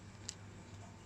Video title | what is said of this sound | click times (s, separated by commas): Cara Memasang MC4 Connector pada Kabel PV solar panel | Nah Enggak masukinnya Sampai bunyi biasanya ada suaranya kliknya | 0.3 s